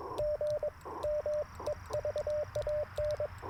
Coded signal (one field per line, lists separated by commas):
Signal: Morse code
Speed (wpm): 22 wpm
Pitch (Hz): 600 Hz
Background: radio noise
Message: GM EVAN